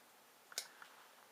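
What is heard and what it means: An mSATA SSD card, already inserted into its connector, is handled against the circuit board of a MyDigitalSSD Bullet Proof USB 3.0 mSATA SSD enclosure before being pushed down into its plastic retention clips. Brief ticks are heard at 0.5, 0.6, 0.8 and 1.3 seconds, the strongest at 0.6 seconds. Nothing has seated or clicked into the retention clips yet.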